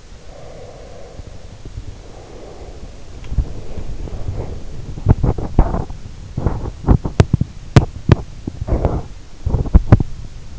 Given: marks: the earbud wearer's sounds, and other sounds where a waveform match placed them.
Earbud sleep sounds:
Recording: sounds in sleep by an in-ear microphone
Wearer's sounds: breath, body movement, teeth grinding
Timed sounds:
0.00-3.07 s: breath
1.12-10.59 s: body movement
6.93-8.20 s: teeth grinding

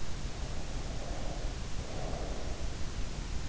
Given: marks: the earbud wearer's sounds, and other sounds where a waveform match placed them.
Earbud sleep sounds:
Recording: sounds in sleep by an in-ear microphone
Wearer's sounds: breath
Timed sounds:
0.00-3.25 s: breath

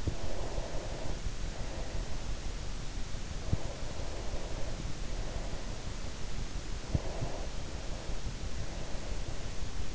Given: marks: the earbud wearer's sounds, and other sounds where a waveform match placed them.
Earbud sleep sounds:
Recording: sounds in sleep by an in-ear microphone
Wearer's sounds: breath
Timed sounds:
0.00-2.47 s: breath
3.25-5.72 s: breath
7.02-9.49 s: breath

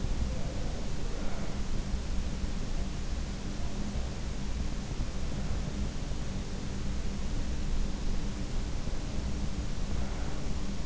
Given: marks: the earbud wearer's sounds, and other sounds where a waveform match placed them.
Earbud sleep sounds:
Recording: sounds in sleep by an in-ear microphone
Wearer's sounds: breath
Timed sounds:
0.00-1.83 s: breath
8.89-10.85 s: breath

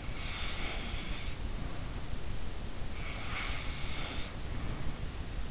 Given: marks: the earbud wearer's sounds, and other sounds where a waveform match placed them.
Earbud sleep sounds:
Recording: sounds in sleep by an in-ear microphone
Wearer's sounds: snoring breath, breath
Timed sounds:
0.08-2.20 s: snoring breath
2.92-5.23 s: breath

